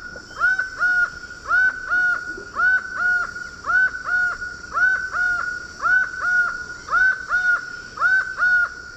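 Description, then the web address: Laughing falcon song of paired notes repeated steadily, each pair about a second apart, loud and clear over a quiet background. Recorded in the Eastern Lowlands of South America. "Natures Songs S America Eastern Lowlands Herpetotheres cachinnans, song"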